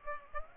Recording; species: mosquito wingbeat signal from an infrared sensor; Aedes aegypti